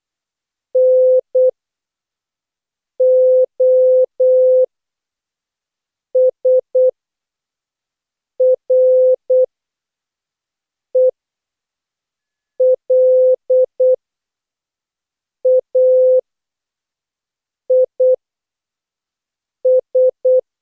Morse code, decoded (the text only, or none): NOS RELAIS